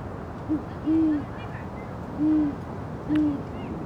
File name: Quiet American - Great Horned Owls at dusk on Bernal Hill, San Francisco